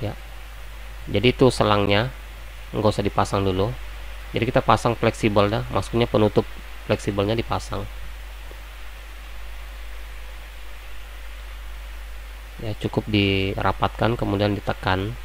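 A plastic flex-cable cover is positioned and lined up on a printer carriage, to be brought flush and then pressed closed, while someone talks in bursts over a steady low hum. Nothing has clicked or seated yet.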